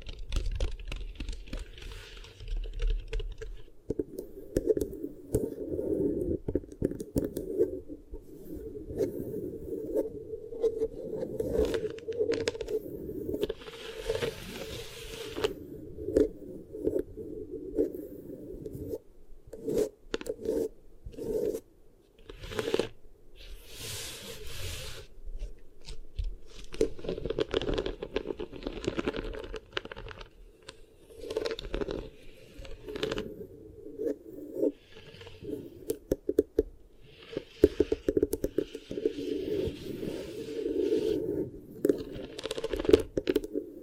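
Beeswax is worked and pressed over a microphone, giving soft, dense crinkling and sticky scraping that runs almost without pause. Short crackling taps and brighter squishy bursts come irregularly every second or so, over a steady low murmur that swells and eases throughout.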